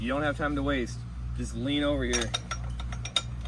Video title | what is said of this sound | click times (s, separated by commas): ESB Mark 19 | get you around load it in until you hear that click I'll do it again so you guys hear it | 3.2 s